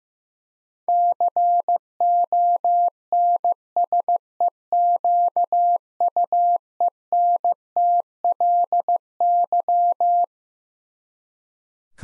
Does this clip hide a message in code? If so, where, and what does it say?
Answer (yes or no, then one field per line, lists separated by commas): yes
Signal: Morse code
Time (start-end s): 0.9-10.2 s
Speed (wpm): 15 wpm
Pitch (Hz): 700 Hz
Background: none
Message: CONSEQUENTLY